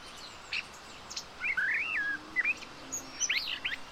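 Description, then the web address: Common blackbird, a rich looping fluted phrase followed by a short twiddle, with sharp high chirps before and after. "SETE data Turdus merula"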